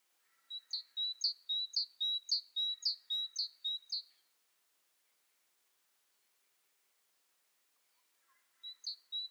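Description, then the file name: Great tit song: a fast run of several high, two-note see-saw phrases, a long silence, then the series starting again. "Parus major"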